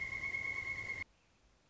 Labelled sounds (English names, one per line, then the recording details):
Pileated Woodpecker
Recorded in Sonoma County, California